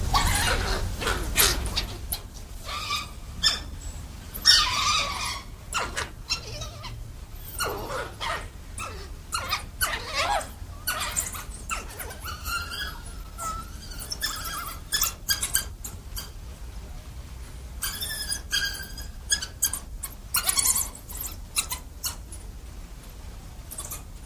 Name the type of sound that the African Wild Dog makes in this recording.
call